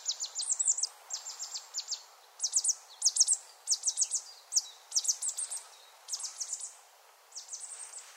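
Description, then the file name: Marsh tit giving bursts of high, sharp chattering notes in short clusters, separated by brief pauses, over a faint hiss. "Poecile palustris"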